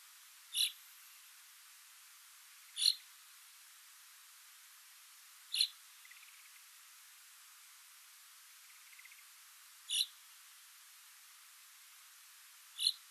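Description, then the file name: Common chaffinch repeating a bright, abrupt single call note five times, roughly every two to four and a half seconds, with a faint buzzy rattle heard twice between calls. "Fringilla coelebs"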